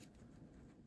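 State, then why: Not seated. The plastic rear cover of a Nissan Juke/Qashqai car key remote fob is lined up over the housing and handled after a new coin cell goes in, producing a low, steady rustle with faint scraping and no distinct impacts. Nothing has seated or clicked yet; the cover is not yet snapped shut.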